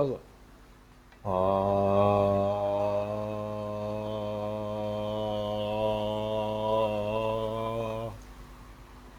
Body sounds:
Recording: no coughing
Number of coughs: 0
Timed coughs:
none
From the record:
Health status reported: symptomatic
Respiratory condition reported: no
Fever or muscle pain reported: yes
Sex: male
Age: 32 years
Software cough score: 0.08

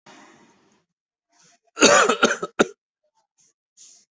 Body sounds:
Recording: coughing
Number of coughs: 2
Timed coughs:
1.74-2.52 s: cough
2.58-2.74 s: cough
From the record:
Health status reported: COVID-19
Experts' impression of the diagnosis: upper respiratory tract infection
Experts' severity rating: mild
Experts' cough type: dry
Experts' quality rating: good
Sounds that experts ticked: nothing specific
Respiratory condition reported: no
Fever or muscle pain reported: no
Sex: male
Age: 29 years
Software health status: COVID-19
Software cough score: 1.00

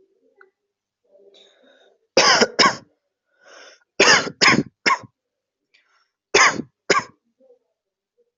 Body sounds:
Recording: coughing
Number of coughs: 7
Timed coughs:
2.16-2.51 s: cough
2.58-2.81 s: cough
3.99-4.33 s: cough
4.40-4.64 s: cough
4.85-5.03 s: cough
6.33-6.64 s: cough
6.89-7.11 s: cough
From the record:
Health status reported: COVID-19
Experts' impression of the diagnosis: obstructive lung disease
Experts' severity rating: mild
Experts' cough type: dry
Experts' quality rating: ok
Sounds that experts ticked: nothing specific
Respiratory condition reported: no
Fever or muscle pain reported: yes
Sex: male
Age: 18 years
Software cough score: 1.00

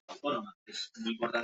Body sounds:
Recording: no coughing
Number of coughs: 0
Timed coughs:
none
From the record:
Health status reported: symptomatic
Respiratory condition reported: no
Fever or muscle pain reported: yes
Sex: female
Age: 50 years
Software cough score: 0.03

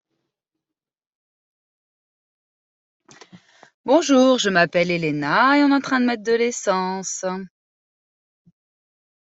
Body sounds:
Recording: no coughing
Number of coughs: 0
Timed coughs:
none
From the record:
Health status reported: COVID-19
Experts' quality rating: no cough present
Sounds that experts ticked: no box ticked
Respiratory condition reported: no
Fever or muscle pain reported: no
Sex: female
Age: 39 years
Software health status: healthy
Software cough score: 0.96

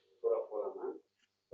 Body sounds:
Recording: no coughing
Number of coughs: 0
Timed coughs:
none
From the record:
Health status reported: COVID-19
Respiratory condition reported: yes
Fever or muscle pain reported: yes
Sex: other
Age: 26 years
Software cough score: 0.03

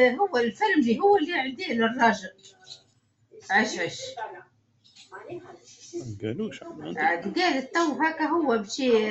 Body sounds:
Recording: no coughing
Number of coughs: 0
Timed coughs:
none
From the record:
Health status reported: COVID-19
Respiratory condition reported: no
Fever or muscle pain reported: no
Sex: male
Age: 63 years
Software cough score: 0.04

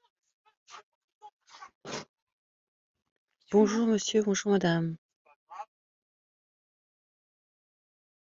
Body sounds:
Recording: no coughing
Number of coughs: 0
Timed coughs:
none
From the record:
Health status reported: healthy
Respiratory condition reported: no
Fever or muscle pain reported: no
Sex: female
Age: 42 years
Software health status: healthy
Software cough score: 0.88

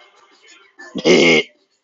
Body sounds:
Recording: no coughing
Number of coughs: 0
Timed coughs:
none
From the record:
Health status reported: symptomatic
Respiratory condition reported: yes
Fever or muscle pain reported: no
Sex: male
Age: 22 years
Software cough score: 0.30

